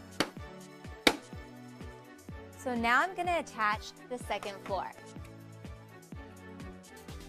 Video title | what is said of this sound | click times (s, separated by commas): Barbie® Dreamhouse® Step by Step Assembly Video V1.0.1 | and you just snap it in so | 0.2 s, 1.1 s